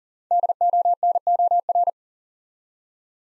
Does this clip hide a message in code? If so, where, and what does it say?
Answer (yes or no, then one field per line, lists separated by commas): yes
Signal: Morse code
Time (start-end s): 0.3-1.9 s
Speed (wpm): 38 wpm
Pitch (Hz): 700 Hz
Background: none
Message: DONOR